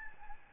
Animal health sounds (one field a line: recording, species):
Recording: mosquito wingbeat signal from an infrared sensor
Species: Aedes albopictus